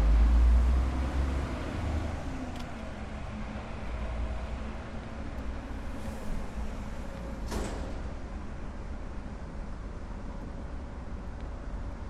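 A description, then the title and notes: Street sounds from a walk through a neighborhood, dominated by a steady low rumble of passing traffic that is loudest in the first two seconds as a vehicle goes by. A few brief clicks or knocks cut through around six and seven seconds over the continuous hum. A walk through Marpole. The southern tip of Marpole is a gateway into the lower mainland and intersects important nodes of transportation by land, air and water. Opposing soundscapes by the North Arm Fraser River.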